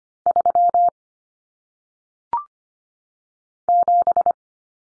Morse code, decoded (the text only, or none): 3 7